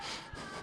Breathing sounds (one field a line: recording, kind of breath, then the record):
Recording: one breath in and out by a microphone near the nose and mouth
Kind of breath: strong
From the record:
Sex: male